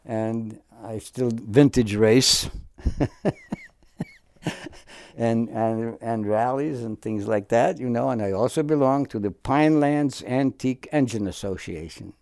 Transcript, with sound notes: And I still vintage race [Chuckles] and—and—and rallies and things like that, you know. And I also belong to the Pinelands Antique Engine Association,